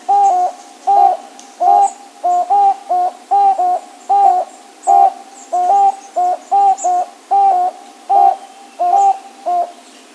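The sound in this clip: Toucan barbet calling with hollow, hooting notes, often paired, repeated steadily at a little over one per second throughout.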